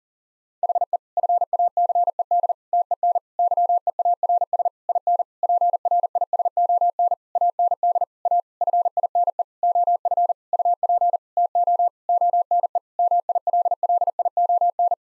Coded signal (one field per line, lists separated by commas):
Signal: Morse code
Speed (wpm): 37 wpm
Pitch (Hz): 700 Hz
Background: none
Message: HE FACED TEN YEARS IN PRISON AND A FINE OF UP TO ONE MILLION